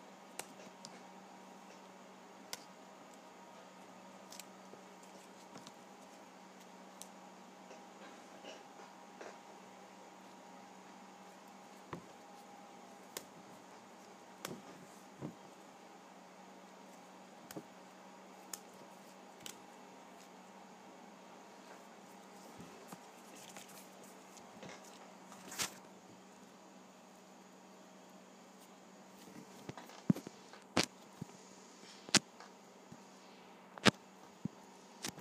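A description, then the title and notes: Pages of a paper pad are flipped, each turn a brief crisp snap or rustle. The snaps come sparsely at first, then gather more often and louder in the last ten seconds. A steady low hum with a faint whine runs underneath throughout. Flipping Through a Pad of Paper.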